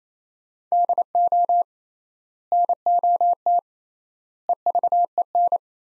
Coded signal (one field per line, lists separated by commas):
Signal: Morse code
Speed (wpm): 28 wpm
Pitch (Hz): 700 Hz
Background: none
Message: DO NOT EVEN